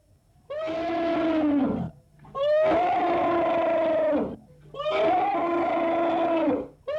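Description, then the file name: Elephant trumpeting: three long, loud, brassy blasts separated by brief pauses, with a fourth beginning at the end. Elephant trumpeting, heard close. "Elephant Trumpeting Close (Zvyki com)"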